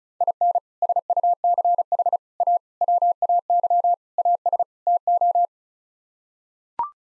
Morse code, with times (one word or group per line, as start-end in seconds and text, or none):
0.2-0.6 IN
0.8-2.2 SUCH
2.4-2.6 A
2.8-3.9 WAY
4.2-4.6 AS
4.9-5.5 TO